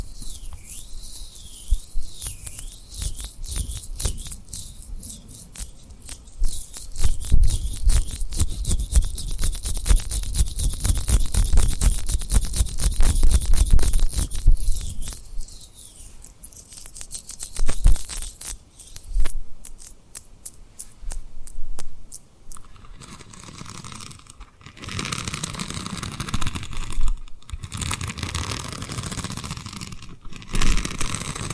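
Fast, dense tapping and rubbing on rhinestones, bright and crackly, with clusters of sharp clicks peaking around the middle of the clip. Near twenty-two seconds it shifts to a softer, hissier rubbing, broken by brief silent gaps around twenty-five and twenty-seven seconds.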